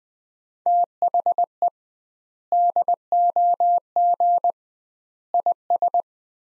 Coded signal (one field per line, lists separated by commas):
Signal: Morse code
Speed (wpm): 20 wpm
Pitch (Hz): 700 Hz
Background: none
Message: THE DOG IS